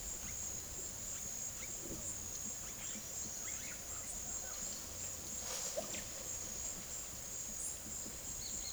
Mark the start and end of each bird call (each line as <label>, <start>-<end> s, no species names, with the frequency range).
bird call (0.2-10.8 kHz), 0.13-6.04 s
bird call (6.9-11.8 kHz), 7.53-7.78 s